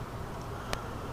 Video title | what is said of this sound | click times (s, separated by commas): Zipdisk Review: G2 Swindle and Animated Swindle | push these in until they click. I think they're going to click. | 0.7 s